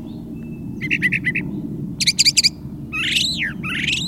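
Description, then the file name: Brown thrasher song with quick repeated chips, a rapid buzzy burst, then two broad sweeping notes, over a steady low background rumble. Chirping song. "suara kicauan brown trasher. omkicau"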